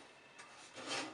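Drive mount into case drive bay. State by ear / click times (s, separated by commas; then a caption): not seated / none. A drive in its plastic tool-less mount is slid into the drive bay of a white Zalman Z3 Plus case. A steady rasping rub swells slightly around 0.4 s and grows into a louder scrape from about 0.8 to 1.1 s. Nothing has seated or clicked yet; the mount is still short of snapping in place.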